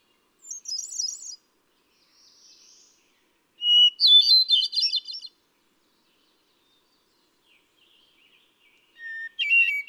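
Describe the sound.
Hermit thrush song phrases: a high fluttery trill, a long whistled note dissolving into a silvery flourish, then another phrase beginning at the end, separated by quiet pauses.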